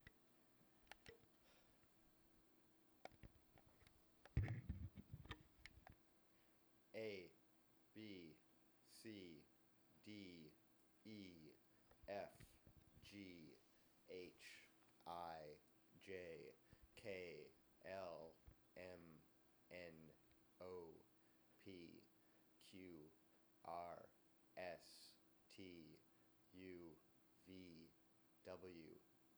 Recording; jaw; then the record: letters of the alphabet, spoken; free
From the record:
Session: seven days later